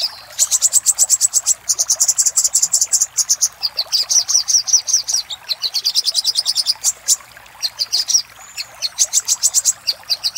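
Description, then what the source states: Little spiderhunter: dense, shrill trilling song in rapid high note trains, nearly continuous, with short breaks. Master recording used for training cage birds; local name sogok ontong labaik.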